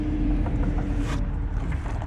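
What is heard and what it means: In a very tight space behind the headlight of a 2011–2017 Honda Odyssey minivan, a headlight bulb is manoeuvred in the headlight housing to find the correct position before it is twisted home. A steady low hum runs throughout, with faint handling scrapes and two short taps near 1.7 and 2.0 seconds. The bulb is still being lined up, and nothing has seated or clicked yet.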